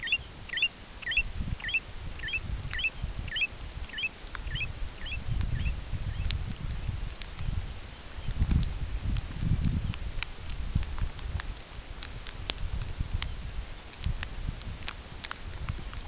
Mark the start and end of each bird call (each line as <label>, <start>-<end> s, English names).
American Golden-plover, 0.00-1.28 s
Lapland Longspur, 0.43-0.89 s
American Golden-plover, 1.55-1.82 s
American Golden-plover, 2.15-3.50 s
American Golden-plover, 3.79-4.12 s
American Golden-plover, 4.45-5.21 s
American Golden-plover, 5.46-6.28 s
Lapland Longspur, 7.08-8.49 s
Lapland Longspur, 9.63-9.94 s
Lapland Longspur, 13.21-13.38 s